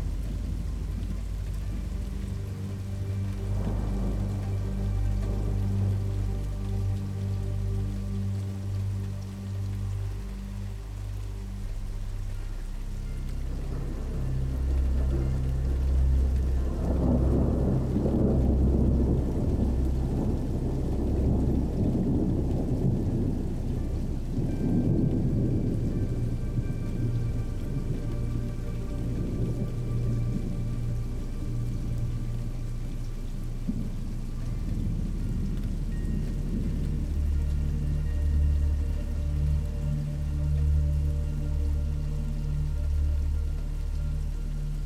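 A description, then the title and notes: Steady rain hisses throughout while deep thunder rolls and rumbles low, building loudest around the middle before easing into a lingering growl. Rain and Thunder Sounds for Sleep Meditation.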